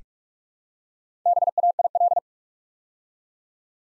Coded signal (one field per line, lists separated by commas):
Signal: Morse code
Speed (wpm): 44 wpm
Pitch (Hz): 700 Hz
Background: none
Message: BAIL